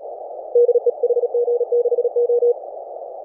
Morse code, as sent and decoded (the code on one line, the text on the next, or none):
-.. . / .... --. -.... ---
DE HG6O